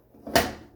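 A loaded bread pan is lowered into a bread machine and turned gently, so the yeast doesn't end up in the liquid, until its square drive part lines up. A soft scraping rise at about 0.3 s leads into a sharp, bright click at 0.4 s that fades over the next few tenths of a second. The pan is confirmed locked into place.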